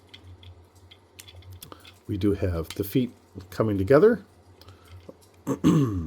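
Someone talks while handling a plastic Bumblebee toy figure during its transformation, bringing the feet together before the plastic hip section is pushed down to lock into the figure's body. Light plastic clicks and taps are heard. Nothing has seated or clicked into place yet.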